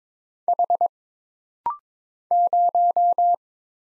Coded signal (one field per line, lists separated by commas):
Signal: Morse code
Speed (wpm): 22 wpm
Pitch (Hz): 700 Hz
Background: none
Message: H 0